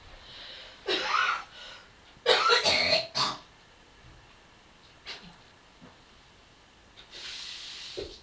Cough And Spit.